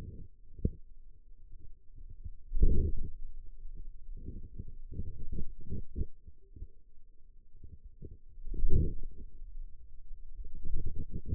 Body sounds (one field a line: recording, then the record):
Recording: forearm muscle sounds (acoustic myography)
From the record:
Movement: wrist extension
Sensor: system 2, bracelet of six BSWA MPA416 microphones around the upper forearm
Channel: 3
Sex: male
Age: 22 years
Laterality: right